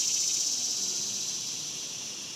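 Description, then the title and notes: Cicadas droning with a bright, high, rapidly pulsed hiss that slowly softens toward the end. Daytime, outdoors in a cemetery, summer. "Ext, Daytime Cicadas, Cemetery, Summer by Bandeto"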